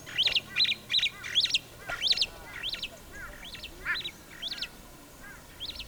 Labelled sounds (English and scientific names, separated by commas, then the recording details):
Superb Starling (Lamprotornis superbus) flight call
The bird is a male
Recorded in Kenya on 9 April 2009 at 08:01
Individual 63, of group MRCV